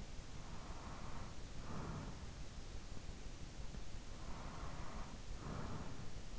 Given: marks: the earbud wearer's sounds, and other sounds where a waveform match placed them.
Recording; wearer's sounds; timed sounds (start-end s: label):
sounds in sleep by an in-ear microphone; breath
0.19-2.82 s: breath
3.71-6.39 s: breath